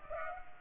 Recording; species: mosquito wingbeat signal from an infrared sensor; Culex pipiens